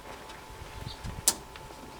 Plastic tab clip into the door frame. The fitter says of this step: and snaps right in there snaps in there